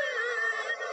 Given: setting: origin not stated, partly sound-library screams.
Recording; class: one-second piece from a danger detection set; woman in danger